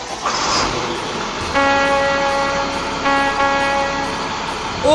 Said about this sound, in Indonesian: Terdengar bus membunyikan klakson.